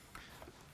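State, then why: Seated. A 20-round steel magazine is inserted into the magazine well of an AR-180 rifle and clicks into place at 0.2 s with a sharp, bright metallic snap. A softer secondary knock follows around 0.4 s over a low background hum, and the magazine is seated.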